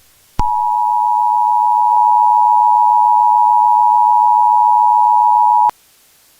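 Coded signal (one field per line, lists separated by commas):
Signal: Emergency Alert System (SAME) tones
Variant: 853 and 960 Hz attention tone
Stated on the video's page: Fictional zombie EAS scenario, not a real alert.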